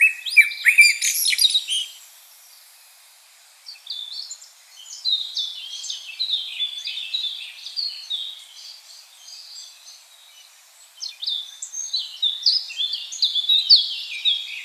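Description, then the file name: Common blackbird song: loud low whistled notes opening, then a long run of high, squeaky twittering phrases with short pauses between bursts. "Turdus merula"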